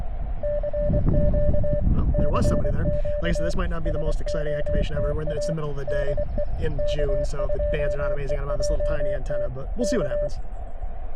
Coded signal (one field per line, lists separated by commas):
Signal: Morse code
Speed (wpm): 24 wpm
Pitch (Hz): 590 Hz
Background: speech, radio noise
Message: CQ CQ SOTA DE K2EJT K